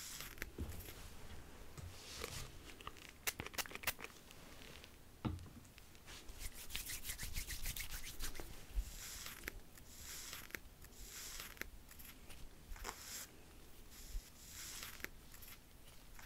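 A haircut and hair wash, built from layered sounds: bursts of rubbing, brushing and snipping come and go throughout, with sharp clicks around four, five and eight seconds. Bright, hissy scraping swells between six and nine seconds, over a soft, low rumble underneath.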